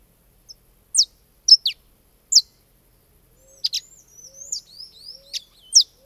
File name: canario da terra